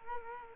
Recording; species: mosquito wingbeat signal from an infrared sensor; Culex quinquefasciatus